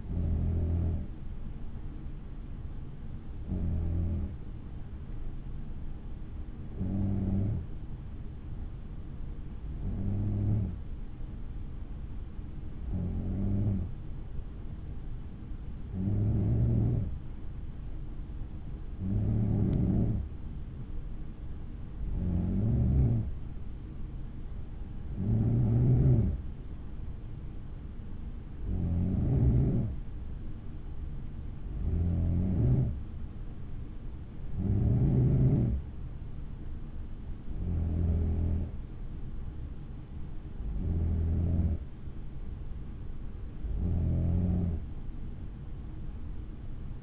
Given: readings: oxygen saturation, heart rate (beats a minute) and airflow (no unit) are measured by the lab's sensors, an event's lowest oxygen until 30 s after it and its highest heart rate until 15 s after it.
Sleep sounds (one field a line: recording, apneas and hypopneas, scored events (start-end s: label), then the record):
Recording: breathing in sleep by a smartphone at the bedside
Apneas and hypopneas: 1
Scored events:
6.00-26.20 s: hypopnea (N3, oxygen 95% highest, then 92% lowest, heart rate 56 at the start, 62 highest)
From the record:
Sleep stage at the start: N3 (deep sleep)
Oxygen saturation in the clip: 92 to 95%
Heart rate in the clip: 56 to 62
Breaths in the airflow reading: 14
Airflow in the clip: -5.2 to 4.4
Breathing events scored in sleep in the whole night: 216 in 7.0 hours asleep